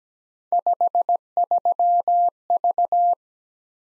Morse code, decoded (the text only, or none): 53V